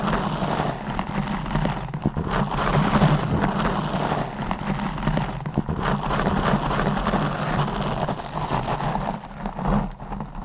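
Deep, continuous scratching, brushing and stroking on a microphone, with a dense rumbling low end that never lets up. Rough rasping strokes come in quick irregular bursts over the whole ten seconds, briefly lighter near the end before swelling again.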